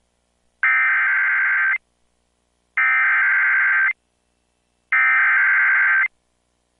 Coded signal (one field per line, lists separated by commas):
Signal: Emergency Alert System (SAME) tones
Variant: header bursts